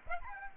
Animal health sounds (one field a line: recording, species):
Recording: mosquito wingbeat signal from an infrared sensor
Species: Aedes aegypti